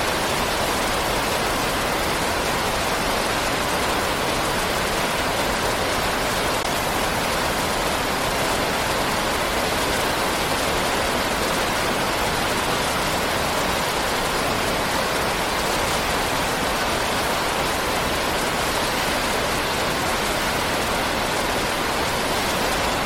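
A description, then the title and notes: Water rushes over a roaring waterfall in a steady, dense hiss that holds unchanged for the whole stretch. The sound is full, spread from a low rumble up through a bright spray, with no separate events or pauses standing out. Water Rushing over a Roaring Waterfall - Natural White Noise.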